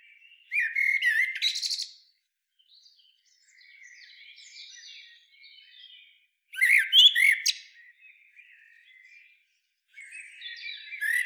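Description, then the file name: Eurasian blackbird giving two loud flute-like phrases with squeaky endings about six seconds apart, separated by quiet, subdued warbling. "Turdus merula"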